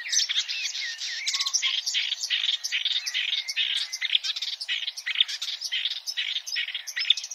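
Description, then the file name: Marsh warbler song, a steady stream of harsh chattering notes mixed with whistles and slurs, dense and unbroken throughout. "suara-kicauan-burung-marsh-warbler -omkicau"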